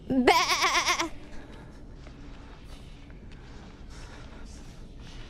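Sheep giving one loud, quavering bleat near the start, then a quiet stretch, with a loud sound cut off at the very end.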